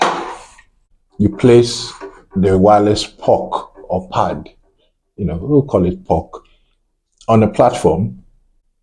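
An iPhone is being handled near a magnetic wireless charging puck resting on a platform while someone talks. Nothing has seated or snapped into place yet; the clip ends before the phone goes home on the puck.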